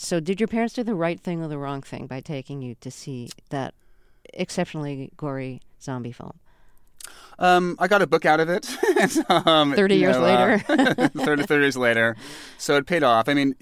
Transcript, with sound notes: So did your parents do the right thing or the wrong thing by taking you to see that exceptionally gory zombie film?
I got a book out of it.
(LAUGHTER)
You know...
Thirty years later.
Thirty years later. So it paid off.